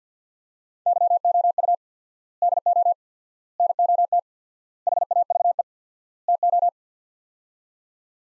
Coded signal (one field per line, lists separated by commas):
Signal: Morse code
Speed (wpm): 50 wpm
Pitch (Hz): 700 Hz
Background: none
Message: YOU DO NOT HAVE TO